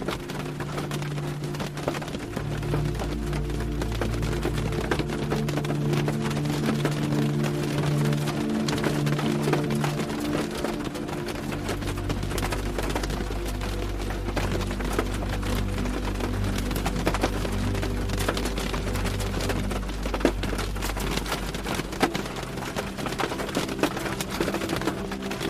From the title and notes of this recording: Rain on the Window: Ambient Sleep Soundscape. Ambient sleep music and rain on your bedroom window.